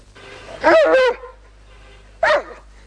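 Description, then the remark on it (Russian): A dog growls in two bursts: a longer, wavering, rough vocalization, then a pause and a shorter, sharper one. No one speaks over it, and faint low hum lingers in between. “Что ты рычишь? Ну что ты рычишь?”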